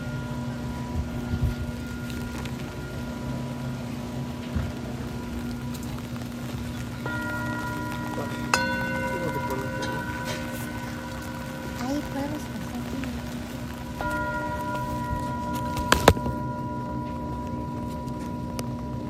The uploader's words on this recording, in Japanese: 雨のビーチで稲光を眺めつつシンギングボウルのサウンドヒーリング。メキシコ。雨音、雷鳴、波音とシンギングボウルのコラボレーション。